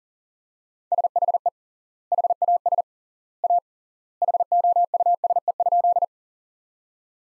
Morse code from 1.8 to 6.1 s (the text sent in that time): HAS A HOUSE?